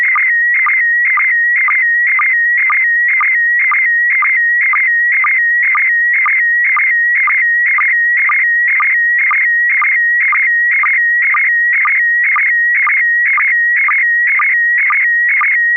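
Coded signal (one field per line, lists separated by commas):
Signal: SSTV (slow-scan television)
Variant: PD mode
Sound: continuous warbling whistle near 2 kHz with rhythmic chirping ticks about twice a second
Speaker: I'm sorry it's going to be uh uh pd1 pd120 p p I'm sorry pd10 d d d [Laughter] d kp4md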